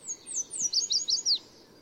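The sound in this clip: Yellow Warbler singing a bright, rapid phrase of thin slurred whistles ending in a falling note.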